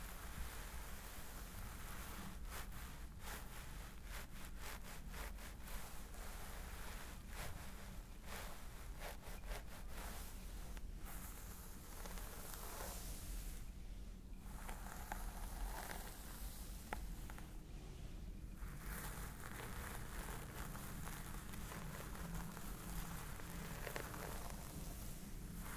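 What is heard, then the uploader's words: A scalp massage gives a steady, dense scratching and rubbing, with quick bursts of crackly fingertip strokes early on and a low rumble underneath. ASMR Stress Relieving Scalp Massage ASMR.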